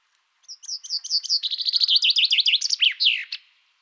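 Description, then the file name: Common chaffinch song, accelerating high notes building into a fast rattling trill, then a few emphatic falling phrases closing with a sharp end note. "Fringilla coelebs"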